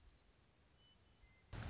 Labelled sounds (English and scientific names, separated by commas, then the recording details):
Western Meadowlark (Sturnella neglecta)
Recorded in Sonoma County, California